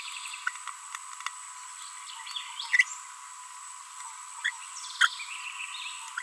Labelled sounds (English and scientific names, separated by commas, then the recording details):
Green-rumped Parrotlet (Forpus passerinus) babbling
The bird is a female
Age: 24 days
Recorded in a nest box in Venezuela
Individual 17B42B1